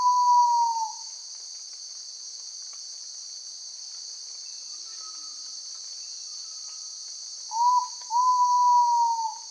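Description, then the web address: Ivory-breasted pitta whistled call: a long slurred whistle at the start, then a short note and a drawn-out level whistle near the end, over a steady high insect drone. Indonesia. "ULM-DS-Lab indonesian-bird-sounds. Pitta maxima"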